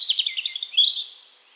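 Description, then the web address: European robin song fragment, a quick run of high trilled notes sliding into a brief sustained whistle that fades. "Deverinetal 2025 File origin Bird Only Er Ru"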